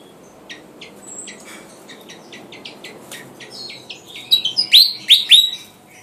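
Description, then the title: Flycatcher song begins as soft, scattered high ticks, then builds to a burst of loud, downswept whistles near the end. Singing vigorously (gacor). "Burung Sikatan Jawa Gacor. Kipasan"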